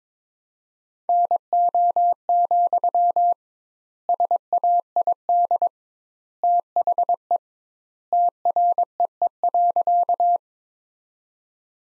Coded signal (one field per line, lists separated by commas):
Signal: Morse code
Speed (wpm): 22 wpm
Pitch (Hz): 700 Hz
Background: none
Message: NO, SAID THE TREE.